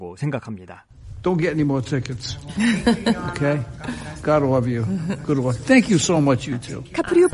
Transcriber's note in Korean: 현장음: 재판 현장